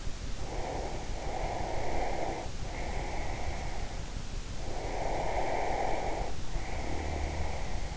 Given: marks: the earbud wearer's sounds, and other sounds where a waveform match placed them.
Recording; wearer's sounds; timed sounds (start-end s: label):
sounds in sleep by an in-ear microphone; breath
0.52-3.85 s: breath
4.77-7.97 s: breath